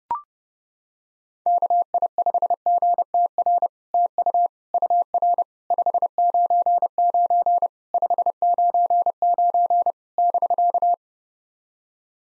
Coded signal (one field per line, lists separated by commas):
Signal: Morse code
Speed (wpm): 30 wpm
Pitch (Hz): 700 Hz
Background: none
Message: KI5GTR TU UR 599 599 <BK>